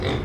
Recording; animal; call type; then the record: contact call of a hoofed animal; pig; closed-mouth grunt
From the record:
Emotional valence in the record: positive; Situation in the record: food and toys in familiar pen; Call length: 0.25 s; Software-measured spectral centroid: 1780 Hz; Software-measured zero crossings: 1340 a second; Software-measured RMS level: -24 dBFS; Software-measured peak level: -11 dBFS